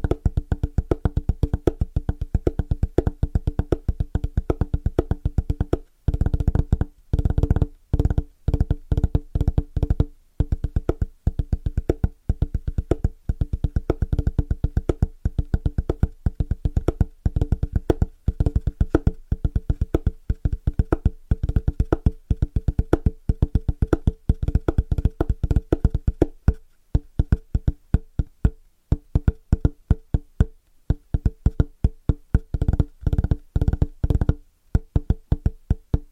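Fast, rhythmic tapping on different surfaces runs throughout in dense bursts, with short pauses near 6, 10 and 27 seconds.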